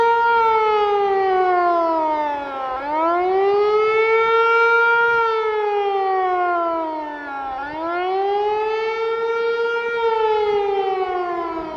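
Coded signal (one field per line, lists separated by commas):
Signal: siren signal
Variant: Hörmann HLS 273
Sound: loud harmonic siren wailing up and down in slow cycles, about every five seconds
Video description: Signal: Rising and falling tone Duration: 1 min. Meaning: Acute danger from air attacks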